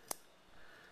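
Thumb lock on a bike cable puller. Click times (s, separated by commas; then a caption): 0.1 s. A thumb lock on a bike cable puller is released and pops open with one sharp, bright click at 0.1 s. Quiet low-level noise follows for the rest of the clip, and the lock ends up open.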